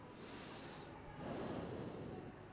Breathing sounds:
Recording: one breath in and out by a microphone near the nose and mouth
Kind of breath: normal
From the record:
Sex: male

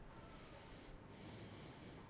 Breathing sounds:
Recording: one breath in and out by a microphone near the nose and mouth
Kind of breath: normal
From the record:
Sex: male

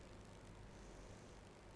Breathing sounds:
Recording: one breath in and out by a microphone near the nose and mouth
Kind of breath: normal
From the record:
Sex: female

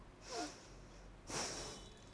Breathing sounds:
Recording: one breath in and out by a microphone near the nose and mouth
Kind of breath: deep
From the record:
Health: marked as sick, illness not named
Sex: female

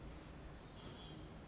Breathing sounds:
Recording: one breath in and out by a microphone near the nose and mouth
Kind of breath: normal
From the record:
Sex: male

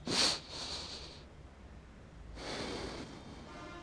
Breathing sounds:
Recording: one breath in and out by a microphone near the nose and mouth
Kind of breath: deep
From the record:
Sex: male

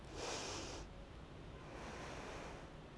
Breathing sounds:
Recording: one breath in and out by a microphone near the nose and mouth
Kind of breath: deep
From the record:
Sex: female

